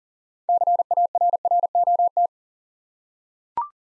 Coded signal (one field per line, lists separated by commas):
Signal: Morse code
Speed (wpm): 42 wpm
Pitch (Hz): 700 Hz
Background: none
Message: CARROT